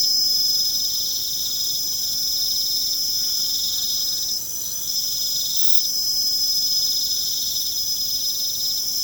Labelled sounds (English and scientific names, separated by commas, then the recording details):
none
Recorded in pastures near Puerto Asís, Putumayo, Colombia, on 25 June 2025 at 20:30
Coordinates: 0.472, -76.331
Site G095